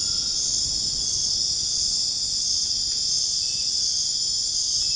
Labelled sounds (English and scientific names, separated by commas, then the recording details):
none
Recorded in dense forest near Puerto Asís, Putumayo, Colombia, on 29 June 2025 at 21:30
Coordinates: 0.481, -76.323
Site G072